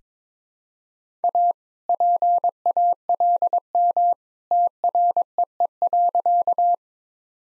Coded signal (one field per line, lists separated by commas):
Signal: Morse code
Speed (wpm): 22 wpm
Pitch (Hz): 700 Hz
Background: none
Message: A PALM TREE.